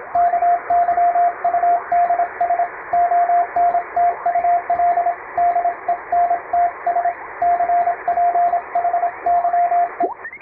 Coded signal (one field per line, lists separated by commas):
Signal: Morse code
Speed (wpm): 30 wpm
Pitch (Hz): 700 Hz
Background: radio noise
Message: KYUDS ONTUL DENTS CPHYE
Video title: 毎日聴けるモールスチャンネル！アマチュア無線のＣＷトレーニングに！YouTubeの再生速度を調整して聴きやすい速度から始めよう(morse code practice radio operator )